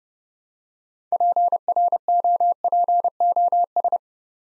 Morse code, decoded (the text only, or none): PROPOS